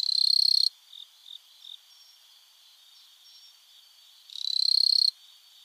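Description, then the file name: Kuchiki-koorogi cricket chirping: a long rapid pulsed trill of under a second, three short soft bursts, a pause, then another long pulsed trill. "kuchiki koorogi"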